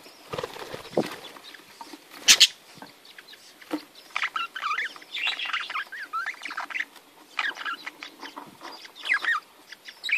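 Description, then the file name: Budgerigar warble, a steady stream of rising and falling twittering notes with clicks and a few louder squawks. "Canto do periquitos ingleses"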